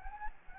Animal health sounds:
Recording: mosquito wingbeat signal from an infrared sensor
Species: Anopheles gambiae

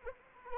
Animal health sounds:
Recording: mosquito wingbeat signal from an infrared sensor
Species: Anopheles arabiensis

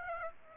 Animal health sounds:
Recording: mosquito wingbeat signal from an infrared sensor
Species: Aedes aegypti

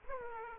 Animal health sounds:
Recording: mosquito wingbeat signal from an infrared sensor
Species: Aedes aegypti

